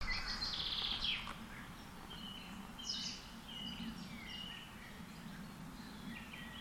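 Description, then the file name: Common chaffinch singing, a dense trilled burst in the first second, then fainter scattered chirps from other birds over a steady low hum. "Fringilla coelebs"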